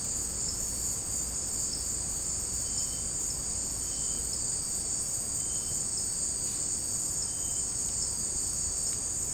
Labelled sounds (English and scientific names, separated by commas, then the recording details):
none
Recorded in secondary vegetation near Puerto Asís, Putumayo, Colombia, on 23 June 2025 at 16:30
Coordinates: 0.484, -76.319
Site G074